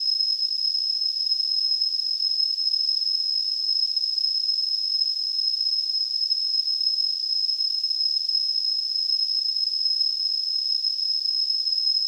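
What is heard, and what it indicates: Simulated tinnitus: a steady, continuous high-pitched tone near 5 kHz over a faint hiss, unchanging throughout.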